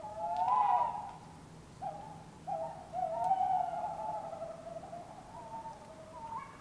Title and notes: Urban Tawny Owls. Couple of Tawny Owls calling, Surrey, England